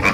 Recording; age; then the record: pig call; piglet (1 to 25 days)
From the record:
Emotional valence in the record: positive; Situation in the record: after nursing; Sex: female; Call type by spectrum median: low-frequency call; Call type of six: high-frequency stable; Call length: 0.14 s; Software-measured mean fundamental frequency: 216 Hz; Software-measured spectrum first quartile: 636 Hz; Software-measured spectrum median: 1526 Hz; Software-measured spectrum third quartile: 2377 Hz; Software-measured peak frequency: 2328 Hz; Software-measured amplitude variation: 118 dB a second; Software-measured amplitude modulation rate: 3.6 a second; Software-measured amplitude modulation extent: 32.9 dB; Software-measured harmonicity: 0.5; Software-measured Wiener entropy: -1.08